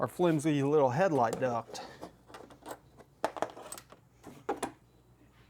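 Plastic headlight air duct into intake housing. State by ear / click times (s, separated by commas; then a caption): partly seated / 3.2 s. Someone talks, then a plastic headlight air duct is pushed onto the intake housing of a Hellcat cold air intake, with a sharp plastic knock at 3.2 seconds followed by a few lighter taps and rattles. The duct only partly seats and does not click in well.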